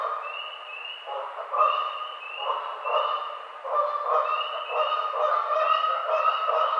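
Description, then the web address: Canada goose flock honking, with repeated upslurred honks above a dense, continuous chorus of lower goose calls. Recorded 18 April 2009. "Canada Goose 2009 04 18"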